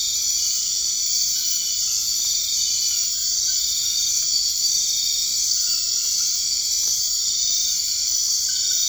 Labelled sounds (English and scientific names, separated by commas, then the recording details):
none
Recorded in dense forest near Puerto Asís, Putumayo, Colombia, on 21 March 2025 at 19:30
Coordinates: 0.485, -76.318
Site G056